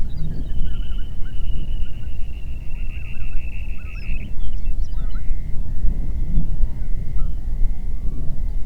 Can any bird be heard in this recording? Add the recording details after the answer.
yes. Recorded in the Prudhoe Bay oil fields, Alaska, on 8 June 2019 at 04:51. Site 30